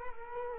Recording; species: mosquito wingbeat signal from an infrared sensor; Culex quinquefasciatus